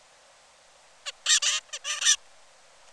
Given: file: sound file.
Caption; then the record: Song of bird #3 (56 days post-hatch).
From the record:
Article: Common Features of Neural Activity during Singing and Sleep Periods in a Basal Ganglia Nucleus Critical for Vocal Learning in a Juvenile Songbird